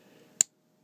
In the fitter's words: you heard that they snapped right into place there and there's the whole rear of the car right